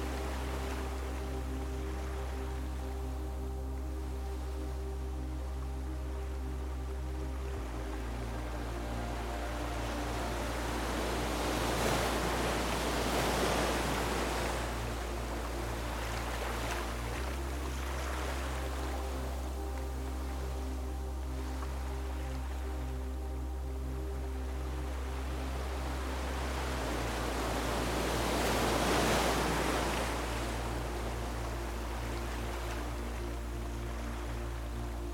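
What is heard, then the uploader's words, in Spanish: Waves wash in and recede in slow swells, peaking around twelve and twenty-nine seconds, over a steady low drone that shifts pitch occasionally. OLAS Relajantes y MÚSICA Meditativa. La música meditativa, cuidadosamente compuesta, acompaña los sonidos naturales.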